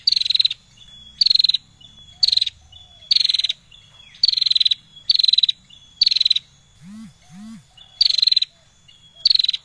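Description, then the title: Bar-winged prinia song: short sharp buzzy bursts repeated roughly every second, each slightly descending, with two low hollow hooting notes late on and a steady high tone. Known in Indonesian as prenjak lancur; a persistently singing bird, recorded as song material for training songbirds. "Prenjak Lancur Gacor Untuk Masteran"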